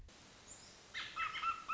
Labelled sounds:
American Robin
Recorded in Sonoma County, California

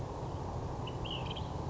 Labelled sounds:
Ash-throated Flycatcher
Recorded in Sonoma County, California

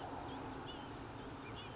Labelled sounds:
Blue-gray Gnatcatcher
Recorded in Sonoma County, California

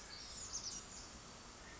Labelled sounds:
Pacific Wren
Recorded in Sonoma County, California

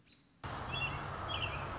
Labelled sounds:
American Robin
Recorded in Sonoma County, California

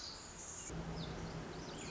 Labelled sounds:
Pacific Wren
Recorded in Sonoma County, California

